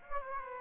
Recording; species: mosquito wingbeat signal from an infrared sensor; Aedes aegypti